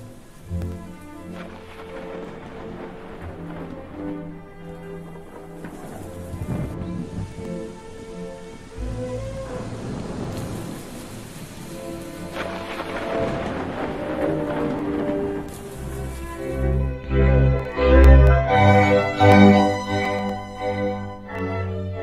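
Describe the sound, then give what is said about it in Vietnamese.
Steady pouring rain hisses throughout, with deep rumbles of thunder swelling louder toward the end, layered over sustained tonal music. “Bóng của lão già thất thểu đi khuất cho đến khi cơn mưa bắt đầu đổ xuống.”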